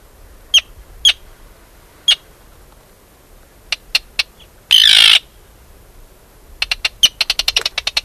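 Arctic tern uttering scattered sharp, clipped kip notes, one long harsh rasping screech midway, then a quick run of short ticking notes at the end.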